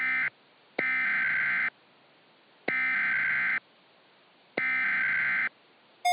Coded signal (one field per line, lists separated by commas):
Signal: Emergency Alert System (SAME) tones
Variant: header bursts